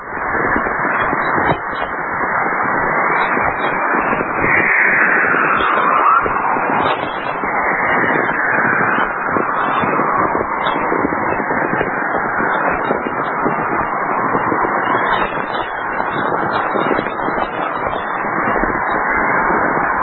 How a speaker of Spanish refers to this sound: Es el silbido, los cánticos de una aurora boreal. Es fantástico, en interacción con el viento solar.